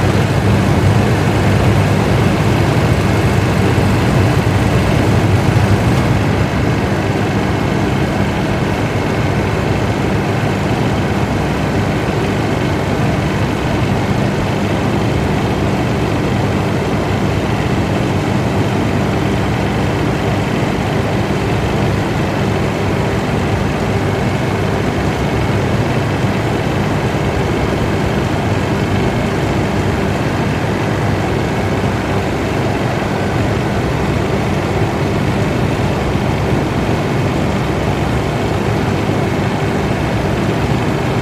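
An outdoor air conditioner unit runs with a steady, dense whoosh and a low hum, its tone holding even for the whole stretch. A slightly brighter, rougher layer in the first six seconds drops away, leaving a smoother, darker drone.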